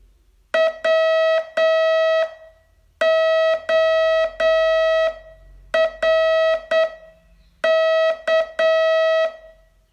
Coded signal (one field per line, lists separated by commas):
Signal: Morse code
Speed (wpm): 8 wpm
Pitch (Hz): 650 Hz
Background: none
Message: WORK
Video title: Learn Morse in 42 Days from VU2LAU - day 25 test